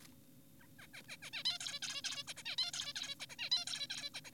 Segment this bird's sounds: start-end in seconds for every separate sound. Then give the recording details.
0.60-0.67, 0.79-0.87, 0.94-1.02, 1.08-1.17, 1.22-1.30, 1.33-1.44, 1.45-1.59, 1.60-1.80, 1.82-2.02, 2.04-2.24, 2.28-2.34, 2.37-2.43, 2.46-2.56, 2.58-2.72, 2.74-2.93, 2.96-3.15, 3.20-3.26, 3.30-3.36, 3.39-3.50, 3.52-3.65, 3.67-3.87, 3.90-4.10, 4.14-4.21, 4.25-4.31. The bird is an adult. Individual g4p5U